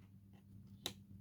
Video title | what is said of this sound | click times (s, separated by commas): How to build a AM3 computer | Okay, hopefully you heard the click that time and hopefully I didn't | 0.9 s